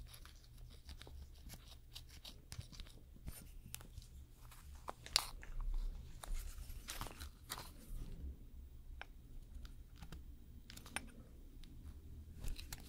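Nail extension and gel nail work, heard as a run of short clicks, taps and scraping sounds scattered unevenly across the clip. A sharper cluster of crisp taps and crinkling comes around five to eight seconds. A low steady hum continues underneath throughout.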